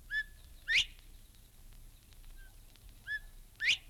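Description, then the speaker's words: Northern Bobwhite whistle: a short clear note followed by a louder, sharply rising note, given twice about three seconds apart over quiet background hiss. Florida subspecies, in Florida. "That was a Florida bobwhite quail."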